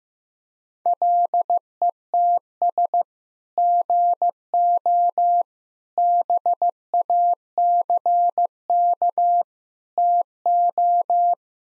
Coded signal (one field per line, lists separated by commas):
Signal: Morse code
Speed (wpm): 15 wpm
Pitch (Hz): 700 Hz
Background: none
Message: LETS GO BACK TO